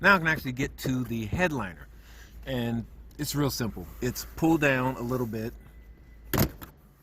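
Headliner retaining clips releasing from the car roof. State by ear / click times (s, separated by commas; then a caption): released / 6.3 s, 6.4 s, 6.6 s. During a sunroof fix on a Cadillac CTS, the cardboard headliner is pulled down from the car roof, and its retaining clips pop loose with sharp clicks at 6.3, 6.4 and 6.6 seconds. Someone talks throughout the clip, and the cardboard must not be pulled too hard or it will deform. The headliner clips are released.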